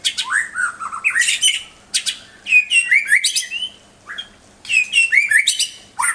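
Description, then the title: White-rumped shama song in separate bursts of loud whistles and scratchy chatter, separated by brief quiet gaps. Master shama in vigorous song; recording meant for training a newly acquired shama's toughness. "mster Mnuk. Suara Murai Batu Gacor Master untuk Melatih Ketangguhan Murai Baru Milik Anda"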